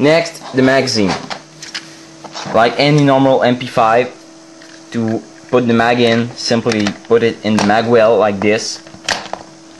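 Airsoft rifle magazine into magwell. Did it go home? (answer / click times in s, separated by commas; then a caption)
yes / 9.1 s. A Galaxy MP5K PDW airsoft magazine is pushed up into the magwell until it latches. Someone talks throughout, with a constant low hum underneath. The magazine clicks into place at 9.1 s, followed by a short sharp tick at 9.3 s.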